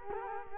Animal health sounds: mosquito wingbeat signal from an infrared sensor; Culex quinquefasciatus

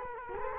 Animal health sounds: mosquito wingbeat signal from an infrared sensor; Culex quinquefasciatus

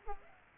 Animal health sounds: mosquito wingbeat signal from an infrared sensor; Culex pipiens

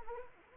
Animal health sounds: mosquito wingbeat signal from an infrared sensor; Anopheles arabiensis

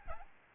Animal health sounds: mosquito wingbeat signal from an infrared sensor; Aedes albopictus

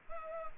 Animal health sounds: mosquito wingbeat signal from an infrared sensor; Culex pipiens

